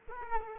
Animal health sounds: mosquito wingbeat signal from an infrared sensor; Culex quinquefasciatus

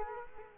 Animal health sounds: mosquito wingbeat signal from an infrared sensor; Culex quinquefasciatus

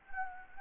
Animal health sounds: mosquito wingbeat signal from an infrared sensor; Anopheles gambiae

